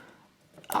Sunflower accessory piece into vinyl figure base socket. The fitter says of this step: poppin maybe it can go in a little bit further I'm not sure but it's like just